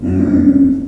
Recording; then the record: squeal of a Yucatan mini pig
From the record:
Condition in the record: after surgery on the right vocal fold (resection and tissue-engineered implant); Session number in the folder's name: 5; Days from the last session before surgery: 33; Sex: female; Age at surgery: 19 weeks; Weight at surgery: 25 kg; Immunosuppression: prednisolone